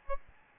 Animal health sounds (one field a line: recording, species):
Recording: mosquito wingbeat signal from an infrared sensor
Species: Aedes albopictus